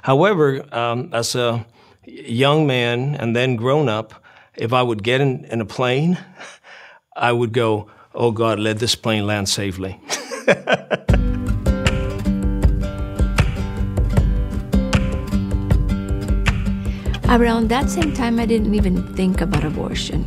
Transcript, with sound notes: However, as a young man and then as a grown up, if I would get in a plane, I would go, "Oh, God, let this plane land safely." (laughter)
Around that same time, I didn't even think about abortion.